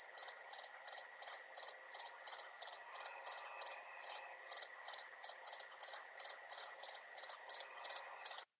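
Cricket chirping: high, pure trilled chirps repeated evenly about three times a second, each a short burst of rapid pulses, continuing without a break.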